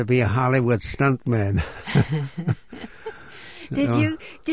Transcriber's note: they laugh